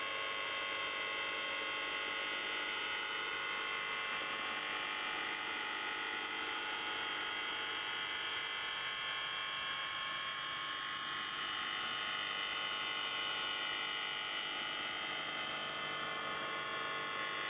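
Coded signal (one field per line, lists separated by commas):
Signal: channel marker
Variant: UVB-76 (The Buzzer)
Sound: continuous harsh electric buzz rich in harmonics, without clear pauses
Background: radio static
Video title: NZhTI S28 4625kHz USB 0757UTC 04/03/2023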